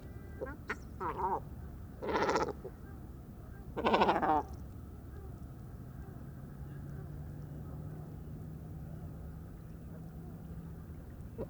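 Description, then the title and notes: Great cormorant calls, a few short raspy croaks early on, then a long quiet stretch with only a faint low drone of cars. Roost of many great cormorants gathering on fishermen's stakes at dusk, Vaccarès lagoon, Camargue, France, 4 January 2020; constant squabbles over space until nightfall; distant car murmur; MKH40 microphone. "Dortoir de Grands cormorans. Bord du Vaccarès - Camargue"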